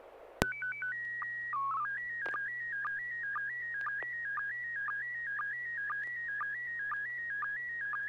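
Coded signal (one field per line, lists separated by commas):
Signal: SSTV (slow-scan television)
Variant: PD 120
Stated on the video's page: Weekly SSTV net on an FM repeater at 441.30 MHz in Sacramento, California, using MMSSTV software.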